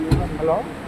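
The front passenger swivel seat of a Maruti WagonR is rotated back inward toward its seat base while someone talks over a low background hum. Nothing has locked or clicked into position yet.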